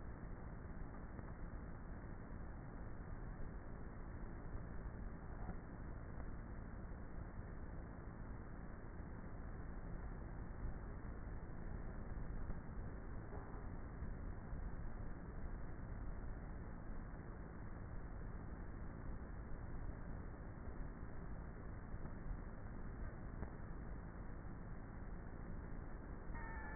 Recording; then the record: honeybee colony, microphone inside the hive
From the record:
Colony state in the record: queenless with a low population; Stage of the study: before two queens were removed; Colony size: about 30,000 bees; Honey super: no